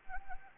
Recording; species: mosquito wingbeat signal from an infrared sensor; Anopheles arabiensis